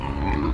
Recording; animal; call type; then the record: contact call of a hoofed animal; wild boar; grunt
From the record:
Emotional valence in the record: negative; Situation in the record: naturally occurring agonistic interactions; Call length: 0.54 s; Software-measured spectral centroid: 1520 Hz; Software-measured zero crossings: 910 a second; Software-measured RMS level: -24 dBFS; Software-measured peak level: -12 dBFS